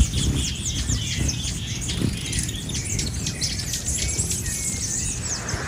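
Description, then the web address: Hummingbird chirps, many quick, high, down-slurred squeaky notes tumbling over one another without pause, over a low rumbling background. "hummingbird Hummingbird Sounds, Chirps and Calls"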